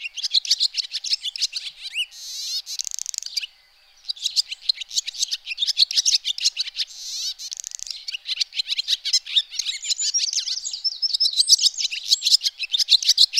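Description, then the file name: Swallow twittering: rapid, dense chirps and buzzy notes run almost without pause, with one brief silence near the start and a burst of faster, higher trills later. "golondrina"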